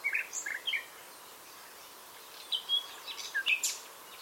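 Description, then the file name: Common nightingale song: short groups of slurred chirps and whistles at the start, a silent gap, then a second run of sharper varied notes. "Luscinia megarhynchos"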